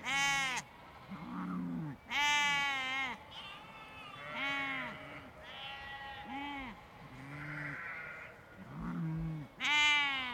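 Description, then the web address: Sheep bleating: several animals giving quavering bleats in turn, with brief pauses. Large flock of sheep with lambs bleating in a field in the countryside. "Tom Hutchings Nature Countryside Animals Large Flock Of Sheep Lambs Bleeting In Field"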